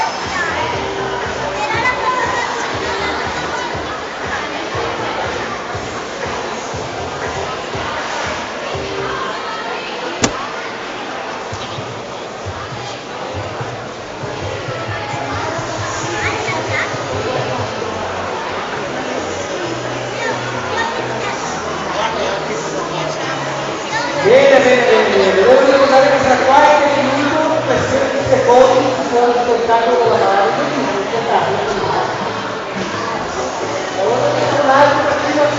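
A crowded shopping centre during a soap-bubble workshop, full of overlapping voices and chatter that never stops. The din holds steady for the first half, then grows louder and busier from about 24 seconds, with children's higher voices standing out. A brief click sounds near 10 seconds.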